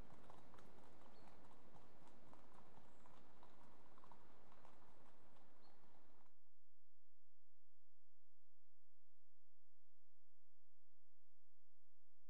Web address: BBC Sound Effects Library BBC 37-Horses. Two horses approach at trot, pass